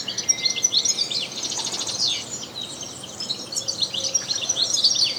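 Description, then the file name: European goldfinch song, a dense, fast, liquid twittering of high chirps and trills running almost without pause throughout. "Carduelis carduelis"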